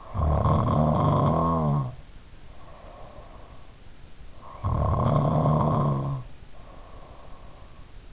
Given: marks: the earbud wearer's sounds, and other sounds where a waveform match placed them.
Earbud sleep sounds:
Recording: sounds in sleep by an in-ear microphone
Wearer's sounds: snoring breath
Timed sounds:
0.00-3.82 s: snoring breath
4.34-7.83 s: snoring breath

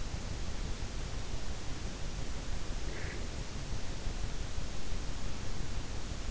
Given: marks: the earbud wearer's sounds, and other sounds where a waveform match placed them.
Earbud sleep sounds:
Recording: sounds in sleep by an in-ear microphone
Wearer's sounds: breath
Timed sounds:
2.80-3.41 s: breath

